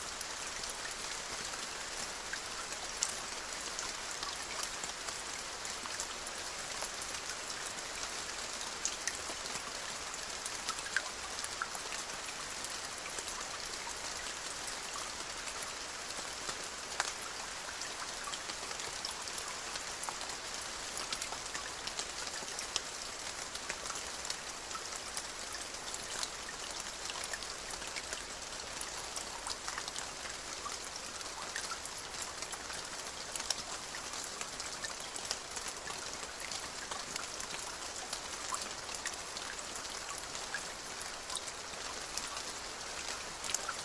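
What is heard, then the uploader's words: Gentle raindrops fall on lotus leaves in a steady, dense patter that holds evenly for the whole stretch. The sound is bright, made of countless small ticks and taps over a soft hiss, with no low rumble beneath. Gentle raindrops fall on the lotus leaves.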